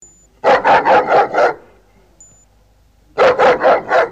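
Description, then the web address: Dog giving two rapid bursts of several loud barks each, with a quiet gap of over a second between them. "Hund"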